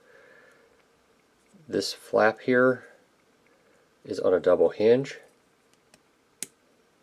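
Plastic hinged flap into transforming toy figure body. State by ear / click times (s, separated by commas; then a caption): seated / 6.4 s. A plastic wing flap on a double hinge of a transforming robot toy figure is moved into position while someone talks. It snaps into its locked position with a sharp click at 6.4 s, after a few faint handling ticks.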